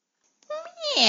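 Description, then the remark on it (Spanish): A single drawn-out meow, imitated by a voice, with a rising, bright, nasal tone that swells louder before bending down in pitch at the end. “¡Miau! Miau, miau, miau, miau, miau, miau, miau, miau, miau.”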